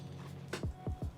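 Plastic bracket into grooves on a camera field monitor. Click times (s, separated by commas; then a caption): 0.5 s, 0.9 s. A plastic sunhood bracket, attached with velcro, is locked onto the grooves on the sides of a small FEELWORLD F5 PRO v4 camera field monitor. Over a low background hum, sharp clicks sound at 0.5 s and 0.9 s, followed by soft low thumps. The bracket snaps into place and is seated.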